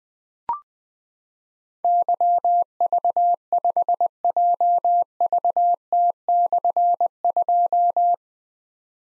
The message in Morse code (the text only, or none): YV5JVT/2